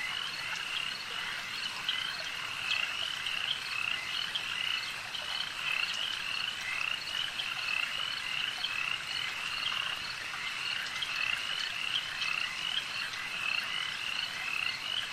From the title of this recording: Frogs Night Swamp Sounds - Hamford Water National Nature Reserve, UK